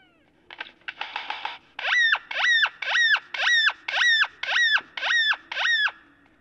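Great-tailed grackle calls: brief rattles, then nine loud, harsh rising-falling notes repeated about every half second over a faint low hum.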